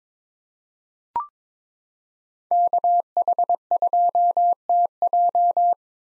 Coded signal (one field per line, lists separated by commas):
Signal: Morse code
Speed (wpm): 22 wpm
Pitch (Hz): 700 Hz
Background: none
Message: KH2TJ